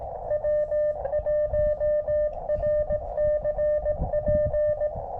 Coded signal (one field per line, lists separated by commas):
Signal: Morse code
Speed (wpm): 17 wpm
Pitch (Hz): 590 Hz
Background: music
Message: W1RCP